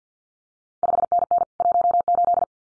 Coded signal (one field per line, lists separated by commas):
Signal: Morse code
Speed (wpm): 50 wpm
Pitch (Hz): 700 Hz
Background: none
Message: 5NN 18